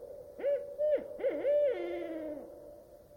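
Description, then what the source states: Barred owl hooting: a short run of hoots ending in a long, drawn-out descending note that fades, with a soft echo over a quiet background. A lone barred owl singing at night from a nearby tree in still, quiet air, old-growth Queets Rain Forest river valley, Olympic National Park; voice echoing off the trees, calling and awaiting an answer.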